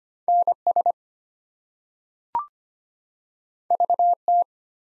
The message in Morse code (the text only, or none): NS VT